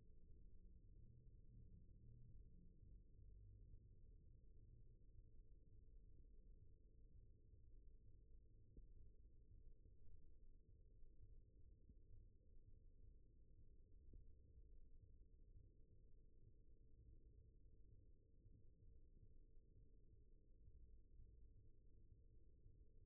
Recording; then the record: forearm muscle sounds (acoustic myography)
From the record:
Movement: rest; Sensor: system 1, eight BSWA MPA416 microphones around the upper forearm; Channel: 4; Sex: female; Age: 22 years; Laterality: right